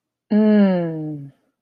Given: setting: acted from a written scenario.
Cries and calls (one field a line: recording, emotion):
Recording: vocal sound without words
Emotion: ecstasy